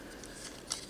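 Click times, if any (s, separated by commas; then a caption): 0.7 s. The plastic kickstand on a toy motorbike from Mattel's Jurassic Park '93 Classic Track & Chase Pack is flipped out, with a faint tick at 0.2 s before it snaps into its open position with a sharp click at 0.7 s. The kickstand stays open and holds the bike up.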